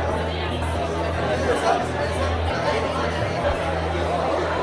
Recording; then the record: background sound without coughing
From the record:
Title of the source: CITY SOUNDS Busy Bar in the Evening Night - 2 HOURS of Ambiance for Relaxation